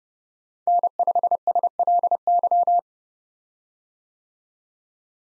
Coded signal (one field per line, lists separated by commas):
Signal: Morse code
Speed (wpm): 30 wpm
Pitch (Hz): 700 Hz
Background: none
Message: N5SLY